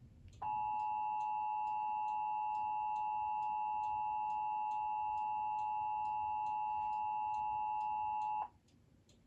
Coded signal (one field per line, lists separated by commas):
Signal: Emergency Alert System (SAME) tones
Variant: 853 and 960 Hz attention tone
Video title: 2023 Nationwide EAS Test